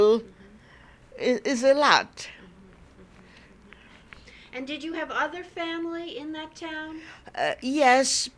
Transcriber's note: none